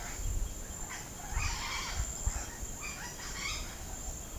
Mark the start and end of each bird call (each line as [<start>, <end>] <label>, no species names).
[1.32, 3.67] bird call